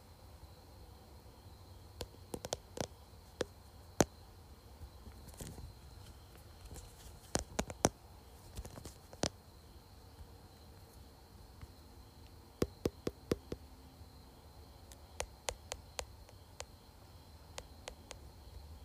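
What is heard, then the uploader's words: Fingertips tap on a phone case and screen in short, sharp clicks, arriving in loose irregular bursts around the 2–4, 7–9, 12–13 and 15–17 second marks. Between taps, a low steady hum and a faint thin high tone continue. ASMR Tapping Phone Case and Screen.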